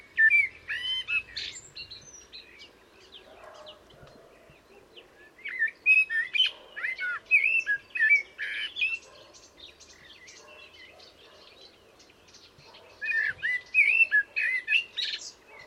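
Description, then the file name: Common blackbird song, rich fluted whistled phrases mixed with squeaky high notes, in bursts separated by quiet pauses of several seconds. "Turdus merula"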